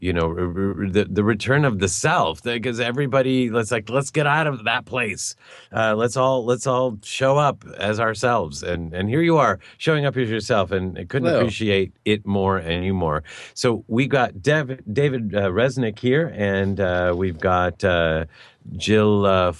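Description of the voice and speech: A man speaks in a steady, mid-low conversational voice with clear, well-voiced speech and only brief pauses. A few ordinary restarts and filler words occur, with no blocks, slurring or hoarseness. This is normal fluent speech from an adult male show host.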